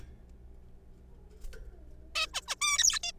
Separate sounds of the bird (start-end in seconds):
2.15-2.25, 2.34-2.41, 2.48-2.55, 2.61-2.99, 3.03-3.12